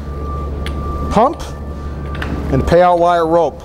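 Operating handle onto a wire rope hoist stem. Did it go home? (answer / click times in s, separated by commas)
yes / 0.7 s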